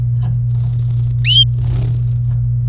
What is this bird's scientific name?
Serinus canaria